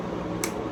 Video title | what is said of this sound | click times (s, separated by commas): The best mic for DJI osmo action 4 -- Budget friendly -- Motovlog setup -- Telugu vlog | అంతే sound వచ్చింది కదా tick అని చెప్పేసి సో అట్లా వచ్చిందంటే కన్ఫర్మ్ అయినట్లే ఇంకా ఇది సెట్ అయిపోయింది అనేసి | 0.4 s